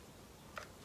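A styling attachment is slid onto the barrel of a Dyson Airwrap hair styler after its collar is pulled back. Only a faint, short tick is heard at 0.6 s over a quiet background. The attachment seats, but without a clear click, so it is hard to tell whether it is on.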